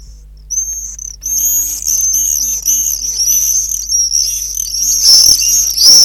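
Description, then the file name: Common swift screaming, a continuous chorus of overlapping shrill buzzy trills that builds steadily louder, with a low hum in the background. "apus apus"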